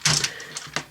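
A plastic super train toy piece is handled and fitted onto a plastic toy base set, with a bright rattling clatter near 0.1 s, light ticks at about 0.2 s and 0.6 s, and a sharp tap at 0.8 s. Nothing has seated or clicked into place yet.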